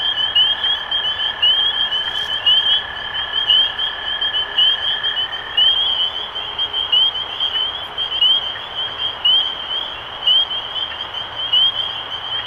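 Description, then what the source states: Spring peepers calling together, piercing rising peeps over a constant tone lasting the first half. Recorded 23 March 2012.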